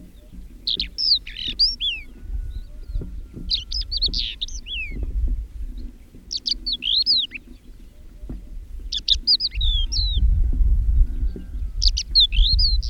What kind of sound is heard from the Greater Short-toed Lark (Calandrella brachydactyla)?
song